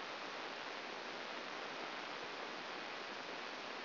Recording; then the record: brain microelectrode recording played as sound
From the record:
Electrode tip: outside the subthalamic nucleus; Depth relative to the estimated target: 4 mm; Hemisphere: left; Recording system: AlphaMap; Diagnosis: Parkinson's disease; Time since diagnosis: 9 years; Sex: male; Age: 53 years